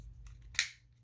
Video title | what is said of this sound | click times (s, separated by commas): Transformers earthrise trailbreaker review | tabs on it locks into place | 0.6 s